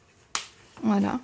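A snap on a washable cloth insert is pressed onto the front of a Totsbot TE2 cloth diaper, so the insert stays in place when the baby starts walking or crawling. A sharp, loud press-stud snap sounds at 0.4 s as the insert clips on and seats, and someone talks right after.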